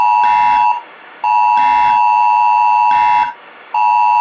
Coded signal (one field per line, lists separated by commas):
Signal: Emergency Alert System (SAME) tones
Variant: 853 and 960 Hz attention tone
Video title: The Derecho that will change lives… EAS MOCK number 2